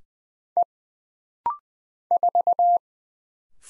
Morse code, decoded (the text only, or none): E 4